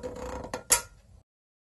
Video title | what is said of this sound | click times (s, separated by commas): How to Install Danco Next Duo Flush Conversion Kit and Review | now thread the self-locking nut onto the bottom of the inlet valve and tighten until it clicks two to three times | 0.5 s, 0.7 s